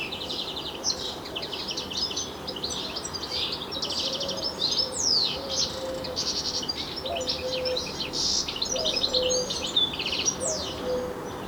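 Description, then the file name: European Goldfinch calls: rapid jangling twitters and quick downslurred notes throughout, with low drawn-out tones underneath. "Carduelis carduelis"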